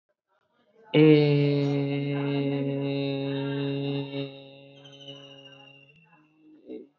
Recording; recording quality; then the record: sustained vowel as in made; moderate, slight background noise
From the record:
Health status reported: respiratory illness, not identified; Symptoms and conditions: asthma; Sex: male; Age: 19 years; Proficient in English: yes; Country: India